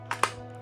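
A plastic part of a Revell 1/150 Black Pearl snap-together pirate ship model kit is pressed onto the hull. Two sharp, bright plastic clicks sound at 0.1 s and 0.2 s over a steady low hum. The part is seated with a good click.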